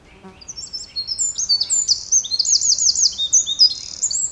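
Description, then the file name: Eurasian wren song, a rapid, very high-pitched stream of sharp notes and rattling trills running for about four seconds. "Troglodytes troglodytes"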